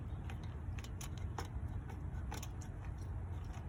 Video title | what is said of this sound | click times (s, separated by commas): Part 2 how to change an electrical outlet in house DIY repair. #howto #how #diy #repair #electrical | I think I just stripped that freaking hole out. | none